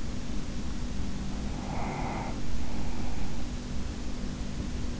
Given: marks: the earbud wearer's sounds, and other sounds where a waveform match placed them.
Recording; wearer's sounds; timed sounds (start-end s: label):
sounds in sleep by an in-ear microphone; breath
1.35-3.71 s: breath